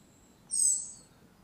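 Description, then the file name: European robin giving one thin, very high drawn-out note lasting about half a second, with faint background hiss. "Erithacus rubecula"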